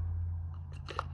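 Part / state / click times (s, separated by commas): cartridge oil filter element into the filter housing cap / not seated / none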